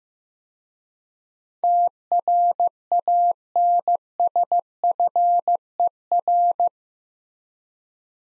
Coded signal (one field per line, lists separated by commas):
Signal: Morse code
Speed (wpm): 15 wpm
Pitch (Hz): 700 Hz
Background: none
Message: TRANSFER